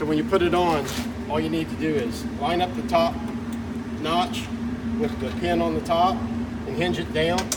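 A magnetic exhaust extraction nozzle is being fitted onto a vehicle exhaust pipe: its top notch is lined up with the pin on top and it is hinged down toward the pipe. Someone talks throughout over a steady low hum. Nothing has seated or clicked yet.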